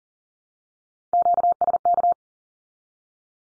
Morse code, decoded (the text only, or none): QSK